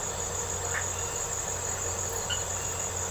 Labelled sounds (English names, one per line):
none